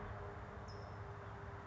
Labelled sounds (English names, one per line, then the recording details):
California Towhee
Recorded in Sonoma County, California